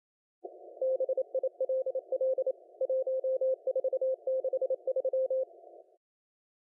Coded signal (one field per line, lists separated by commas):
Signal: Morse code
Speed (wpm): 27 wpm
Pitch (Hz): 520 Hz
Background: none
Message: BILL 1463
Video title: 2022 02 09 CWT 1900Z